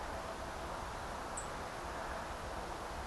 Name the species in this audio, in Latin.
Turdus philomelos